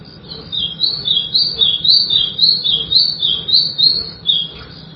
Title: Canto Do Golinha